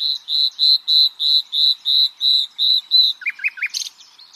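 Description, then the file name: Common nightingale song: a steady series of about ten loud, even whistled notes at a regular pace, followed by a few quick lower notes and a short buzz. "Luscinia megarhynchos"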